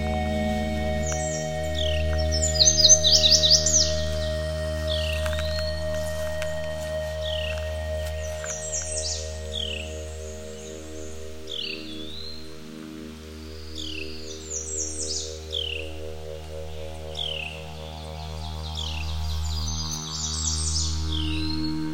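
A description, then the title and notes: Woodland birdsong with repeated bright chirps and trills throughout, over a steady low hum that persists underneath the whole recording. A Woodland Morning. This is a live nature recording.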